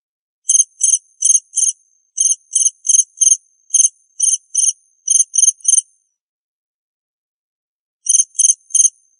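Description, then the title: Cricket producing repeated shrill chirp groups for several seconds, then a pause of about two seconds before three more chirps. "suara Hujan Guntur Suara Jangkrik Dan Burung"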